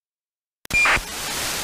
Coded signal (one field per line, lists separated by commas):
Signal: ACARS aircraft data